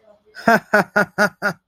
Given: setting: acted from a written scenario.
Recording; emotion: vocal sound without words; amusement